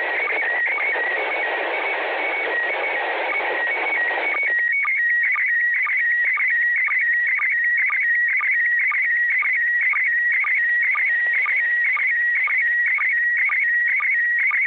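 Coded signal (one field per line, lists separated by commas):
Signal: SSTV (slow-scan television)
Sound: warbling tone around 2 kHz with rapid regular low chirps each half second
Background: radio static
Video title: Réception d'une image SSTV de l'ISS avec un Baofeng UV-5R le 01/12.2021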